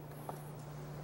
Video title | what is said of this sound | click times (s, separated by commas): maplewood parks dept July 16, 2014 | And just make sure you hear that click. | 0.3 s